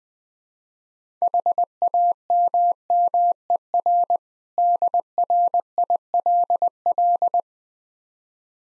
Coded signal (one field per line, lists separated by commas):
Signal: Morse code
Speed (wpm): 20 wpm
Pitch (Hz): 700 Hz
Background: none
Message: HAMMER DRILL